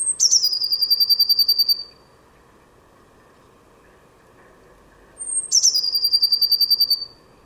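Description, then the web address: Bird calling twice, about five seconds apart. Each call is a sharp high note sliding into a fast, even, buzzy trill, with a faint low hum underneath. "cianscape birddata Deverinetal 2025 Bird Only Cy Ca"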